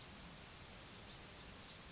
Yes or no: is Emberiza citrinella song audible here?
no